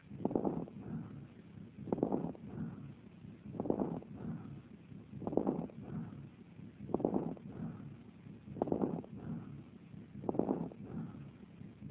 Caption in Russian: Появление крепитации обусловлено затрудненным раскрытием сдавленных извне альвеол. У того же пациента с сердечной недостаточностью и правосторонним гидротораксом в пятом межреберье по средней подмышечной линии. Обратите внимание на малую громкость бронхиального дыхания и на характерную крепитацию возникающую только на высоте вдоха.